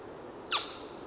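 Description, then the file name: Boreal owl giving a single short, sharp call that drops steeply in pitch, heard once against a steady background hiss. Autumn call, rendered as "tiauk". "Aegolius funereus autumn call tiauk"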